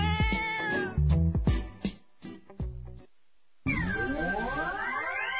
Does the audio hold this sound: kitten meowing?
yes